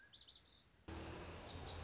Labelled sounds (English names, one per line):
Lazuli Bunting